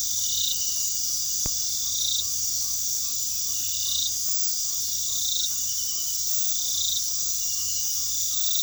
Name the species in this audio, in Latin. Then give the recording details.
none. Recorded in pastures near Puerto Asís, Putumayo, Colombia, on 21 February 2024 at 23:30. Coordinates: 0.468, -76.328. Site G6414